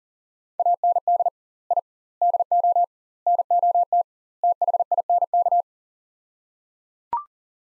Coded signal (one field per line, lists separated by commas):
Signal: Morse code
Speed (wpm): 37 wpm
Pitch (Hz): 700 Hz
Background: none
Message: AND I DO NOT THINK